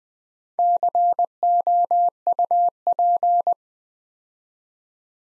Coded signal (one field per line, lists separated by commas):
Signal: Morse code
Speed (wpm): 20 wpm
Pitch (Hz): 700 Hz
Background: none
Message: COUP